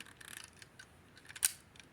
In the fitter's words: I just heard it click, so it's gonna fire this time, I promise.